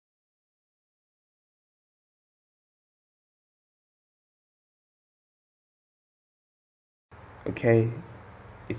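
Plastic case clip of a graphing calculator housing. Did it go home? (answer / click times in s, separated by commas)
released / 8.7 s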